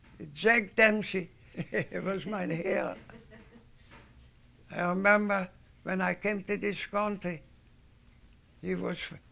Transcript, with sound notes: Jack Dempsey was my hero. ( they laugh ) I remember when I came to this country, he was,